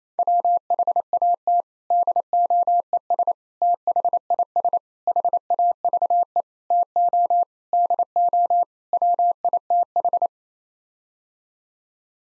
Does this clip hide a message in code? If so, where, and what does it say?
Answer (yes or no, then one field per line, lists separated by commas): yes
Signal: Morse code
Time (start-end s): 0.2-10.3 s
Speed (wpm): 28 wpm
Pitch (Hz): 700 Hz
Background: none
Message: WHAT DOES THIS HAVE TO DO WITH